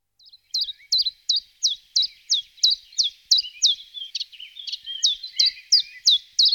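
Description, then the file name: Common chiffchaff song: a steady run of high, sharp, swooping notes, about three a second, changing slightly in pitch. Soft lower twitters sound in the background. "Golosa ptic - Penochka-tenkovka Phylloscopus collybita"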